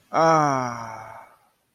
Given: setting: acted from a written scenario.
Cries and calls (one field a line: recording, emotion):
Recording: vocal sound without words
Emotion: pride